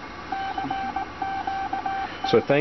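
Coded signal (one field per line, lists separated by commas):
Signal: Morse code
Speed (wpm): 19 wpm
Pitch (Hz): 780 Hz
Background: speech, radio noise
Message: CQT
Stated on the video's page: Morse sent by a prototype automated straight keyer controlled by an Arduino Nano, intended for contest or special event use.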